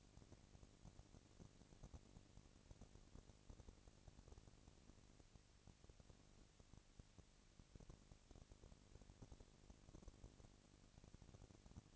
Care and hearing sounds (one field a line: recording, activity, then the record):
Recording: daily activity, microphone in the room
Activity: no activity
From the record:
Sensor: 4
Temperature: 22.4 degrees Celsius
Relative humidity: 31.9%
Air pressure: 998.0 hPa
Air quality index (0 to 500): 203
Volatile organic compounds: 17 ppm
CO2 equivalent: 2570 ppm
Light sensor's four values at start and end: 2/3/1/1 and 2/3/1/1